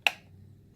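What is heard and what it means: A keyed multi-pin wiring harness connector with a locking pin on top is pushed into a traffic advisor control module for a light bar. A single sharp click sounds at 0.07 s, followed by a low steady hum. The connector is seated.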